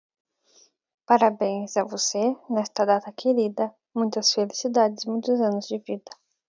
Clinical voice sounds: short text; Brazilian Portuguese; female; 20 to 29 years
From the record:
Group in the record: control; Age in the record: 21 years

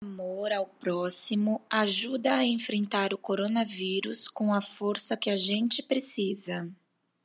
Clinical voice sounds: spoken sentence; Brazilian Portuguese; female; 30 to 39 years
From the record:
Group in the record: control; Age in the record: 34 years

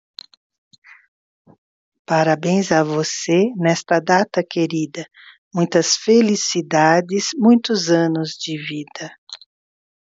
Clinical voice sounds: short text; Brazilian Portuguese; female; 60 to 69 years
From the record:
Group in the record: control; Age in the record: 63 years

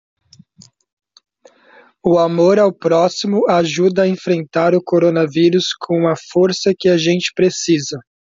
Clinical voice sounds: spoken sentence; Brazilian Portuguese; male; 20 to 29 years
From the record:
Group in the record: control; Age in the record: 27 years

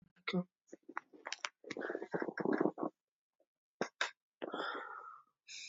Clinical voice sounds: short text; Brazilian Portuguese; female; 50 to 59 years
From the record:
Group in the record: control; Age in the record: 54 years

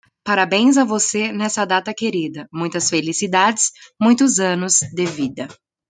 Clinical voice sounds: short text; Brazilian Portuguese; female; 20 to 29 years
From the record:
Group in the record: control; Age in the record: 21 years

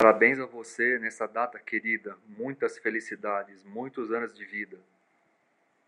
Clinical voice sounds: short text; Brazilian Portuguese; male; 50 to 59 years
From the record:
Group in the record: control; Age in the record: 54 years

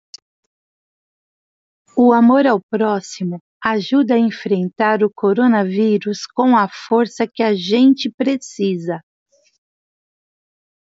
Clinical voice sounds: spoken sentence; Brazilian Portuguese; female; 40 to 49 years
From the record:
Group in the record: control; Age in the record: 49 years

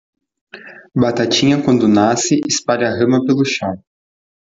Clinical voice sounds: short text; Brazilian Portuguese; male; 20 to 29 years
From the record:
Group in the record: control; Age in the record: 21 years

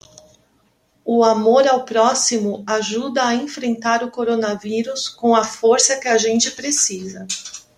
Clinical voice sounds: spoken sentence; Brazilian Portuguese; female; 50 to 59 years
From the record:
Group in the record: control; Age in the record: 52 years

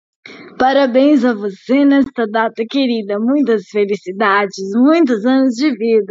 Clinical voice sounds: short text; Brazilian Portuguese; female; 30 to 39 years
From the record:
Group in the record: control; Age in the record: 35 years

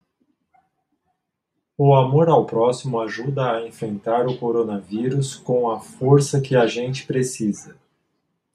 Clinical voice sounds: spoken sentence; Brazilian Portuguese; male; 40 to 49 years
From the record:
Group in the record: control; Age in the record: 47 years

